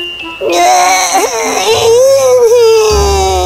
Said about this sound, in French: Mais en le voyant s'en aller, bébé Léa se mit soudain à pleurer.